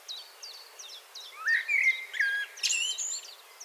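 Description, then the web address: Common blackbird song: a rising fluted warble followed by a burst of high squeaky twittering, with a series of quick high chips throughout. "SETE data Turdus merula 181122"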